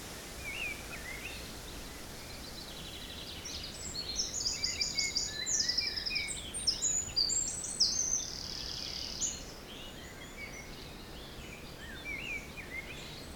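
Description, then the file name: Bird chorus builds to loud, rapid trills and buzzy high phrases in the middle, then eases off, with a soft wind rush throughout. Forest in spring, windy at Beaufort force 3, recorded at 1 pm. "Forest Spring Birds Windy 3 bft 1 pm"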